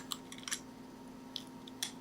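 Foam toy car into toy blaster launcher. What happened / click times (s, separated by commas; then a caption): The toy car latched into the launcher / 1.8 s. A green foam toy car is backed into a plastic Nerf Nitro ThrottleShot Blitz blaster launcher until it latches. Short plastic ticks and taps come at about 0.1, 0.5, 1.4 and 1.7 seconds over a low steady hum, then a sharp click at 1.8 seconds as the car seats in the launcher.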